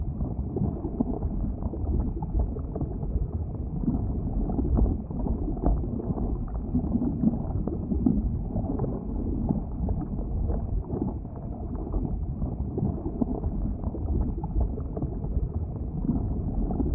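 A lava river churns with a dense, steady low roar, thick with bubbling and gurgling textures that never let up. Small pops and crackles flicker constantly through the rumble, and the sound stays muffled and dark, with no bright edge, for the full length.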